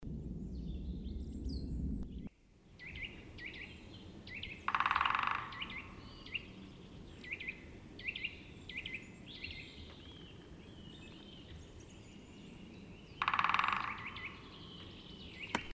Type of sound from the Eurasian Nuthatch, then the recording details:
song. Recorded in the wild. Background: Dendrocopos major. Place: St. Martin, Appenzeller Land, Rheinland-Pfalz, DE. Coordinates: 49.3004, 8.1015. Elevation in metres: 241. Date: 1976-04-20. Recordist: Tretzel, Erwin. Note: St. Martin: Gesang "tü tü"